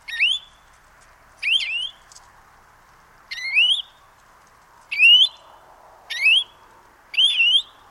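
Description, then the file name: European greenfinch giving six drawn-out rising whistled calls, spaced roughly one to two seconds apart, over faint background hiss. "Chloris chloris"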